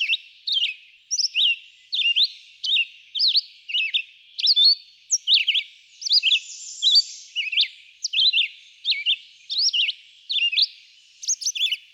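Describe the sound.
Red-eyed vireo song: short slurred whistled phrases, some rising and some falling, delivered about one or two per second in a steady, unhurried run, with a faint high hiss behind.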